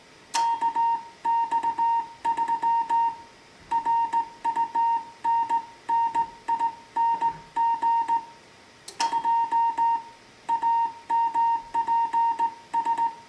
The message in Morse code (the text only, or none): KX3 RUNNING 2 AMPS